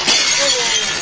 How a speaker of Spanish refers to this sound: Era lo que me imaginé que iba a pasar, un quilombo de cartas cayendo.